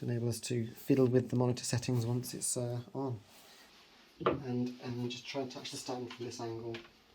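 An adjustable plastic/metal stand is being handled and lined up with the mount on the back of a Lenovo Legion Y27gq-20 gaming monitor while someone talks, with a quieter stretch around 3.2 to 4.2 seconds. Nothing has seated or clicked into place yet by the end of the clip.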